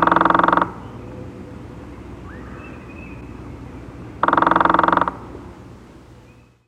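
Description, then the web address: Red-bellied woodpecker uttering a harsh, buzzy rolling churr, then a second similar churr about four seconds later, over a constant low drone. "101 Bird Songs. Red Bellied Woodpecker"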